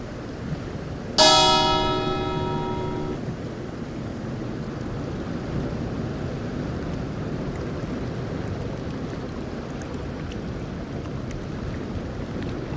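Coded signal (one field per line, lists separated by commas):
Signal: bell signal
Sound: a single ringing bell stroke that fades over about two seconds, then silence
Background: steady background hiss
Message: 1 stroke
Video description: A bell was used as the fog signal. The bell rang once followed by 15 seconds of silence.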